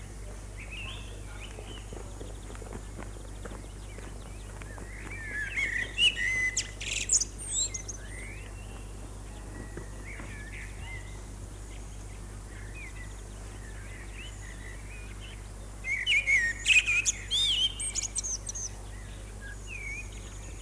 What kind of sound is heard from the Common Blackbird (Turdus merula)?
song